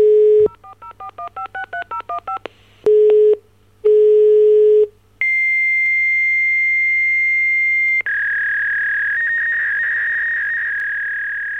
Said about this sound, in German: So klang das damals, wenn Daten mit Hilfe eines sogenannten Akustikkopplers übers Telefonnetz transportiert wurden. Sie flitzten dabei von einem Computer zum anderen.